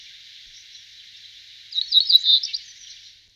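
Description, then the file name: Cinereous Bunting giving one short, high, slightly jingling song phrase over a steady background hiss. "Strnad sedy Emberiza cineracea"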